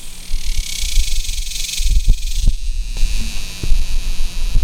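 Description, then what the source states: Cicada buzzing, a steady high hissing drone that swells strongly during the first two seconds and then carries on more softly, over low irregular thumps and rumbling. Recorded in summer.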